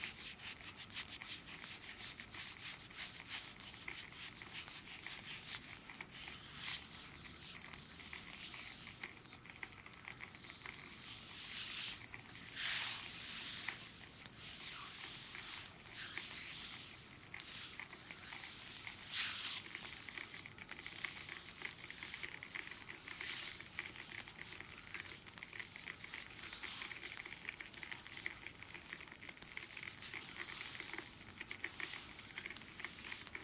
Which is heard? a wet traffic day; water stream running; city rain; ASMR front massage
ASMR front massage